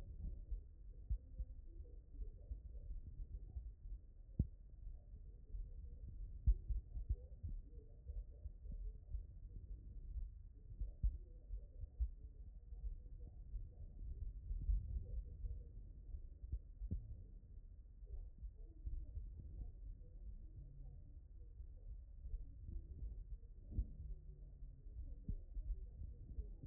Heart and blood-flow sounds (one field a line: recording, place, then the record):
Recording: heart sounds by stethoscope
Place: pulmonary valve (PV)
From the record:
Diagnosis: non-HFrEF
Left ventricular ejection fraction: 62%